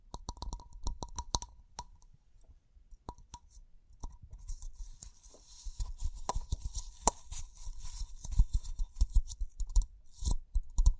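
Sharp taps and clicks come irregularly at first, then from about four seconds a dense bright scratching and crinkling builds, with louder taps scattered throughout.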